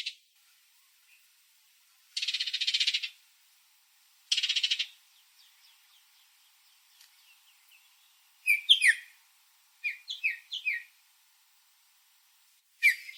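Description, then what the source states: Bird giving two short buzzy bursts, a faint trill, then sharp whistled chirps in small clusters. Arizona.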